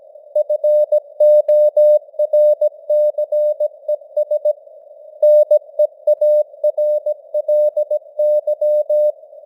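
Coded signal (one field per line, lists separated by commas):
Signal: Morse code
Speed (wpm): 17 wpm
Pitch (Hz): 600 Hz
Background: none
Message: FORCES NEARLY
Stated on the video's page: Simulated news headlines in Morse at 17 wpm with artificial radio noise and varying signal strength (QSB).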